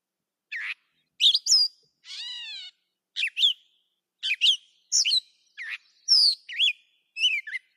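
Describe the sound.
Catbird song of varied squeaky, chattering phrases separated by short pauses, including a drawn-out nasal mew near two seconds; no other sounds.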